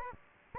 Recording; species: mosquito wingbeat signal from an infrared sensor; Aedes aegypti